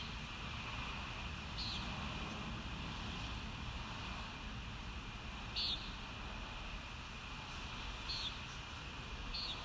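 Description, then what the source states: Common nighthawk uttering a few short buzzy high calls at irregular intervals, set against a heavy, continuous low roar of background noise. Recorded at Kissimmee on 1 May 2019; described as a noisy recording.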